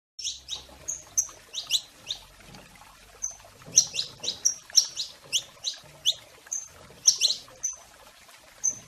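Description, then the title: Domestic canary song: rapid high chirps and short whistled notes repeated in bursts, with brief sweeping syllables between pauses. Portuguese canary breed. "Kenari Portugis"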